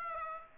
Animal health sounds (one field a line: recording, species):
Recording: mosquito wingbeat signal from an infrared sensor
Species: Aedes aegypti